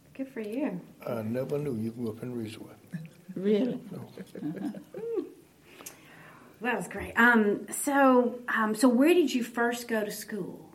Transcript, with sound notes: Good for you.
I never knew you grew up in Ridgeway.
Really? (laughter)
That was great. So where did you first go to school?